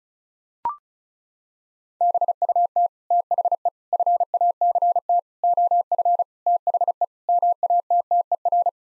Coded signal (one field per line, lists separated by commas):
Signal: Morse code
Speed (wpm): 34 wpm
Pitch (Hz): 700 Hz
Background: none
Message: BUT THE FACT OF THE MATTER